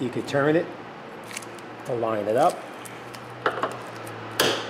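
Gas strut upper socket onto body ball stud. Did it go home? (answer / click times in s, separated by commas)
yes / 4.4 s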